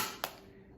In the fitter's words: little click it's inserted this can be discarded